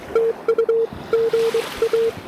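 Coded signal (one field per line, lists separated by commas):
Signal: Morse code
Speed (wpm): 22 wpm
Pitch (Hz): 500 Hz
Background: none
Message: TU GA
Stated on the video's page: Pedestrian mobile QRP Parks on the Air activation, an all-time-new-one park, worked on an Elecraft KH1.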